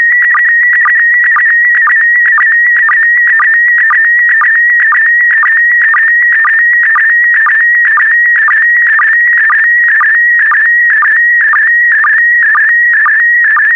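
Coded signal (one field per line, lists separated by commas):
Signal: SSTV (slow-scan television)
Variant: PD120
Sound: continuous high warbling tone with a regular clicking blip about twice per second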